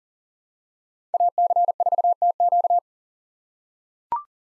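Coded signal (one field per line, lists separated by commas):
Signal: Morse code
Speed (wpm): 40 wpm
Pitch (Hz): 700 Hz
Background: none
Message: AC4TQ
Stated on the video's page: Farnsworth-timed Morse practice of 5-character USA call signs at 40 wpm with 3x character spacing, for head-copy drill.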